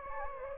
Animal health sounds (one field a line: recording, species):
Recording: mosquito wingbeat signal from an infrared sensor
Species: Anopheles gambiae